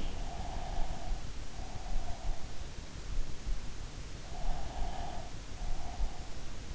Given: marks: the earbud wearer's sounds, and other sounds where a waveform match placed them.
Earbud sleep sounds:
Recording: sounds in sleep by an in-ear microphone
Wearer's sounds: breath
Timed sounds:
0.15-2.86 s: breath
4.06-6.65 s: breath

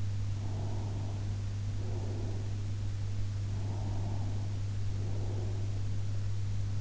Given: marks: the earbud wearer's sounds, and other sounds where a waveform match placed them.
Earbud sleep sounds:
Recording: sounds in sleep by an in-ear microphone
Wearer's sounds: breath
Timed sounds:
0.57-2.74 s: breath
3.62-5.75 s: breath

